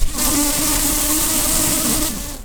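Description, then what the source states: Common carder bee buzzing steadily for about two seconds, a continuous low hum with a faint wavering tone and broad hiss above. Queen.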